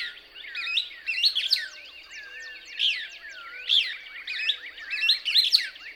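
Couch's Kingbird twittering song: excited high chirps and rising notes in bursts almost every second, with soft low whistled notes below.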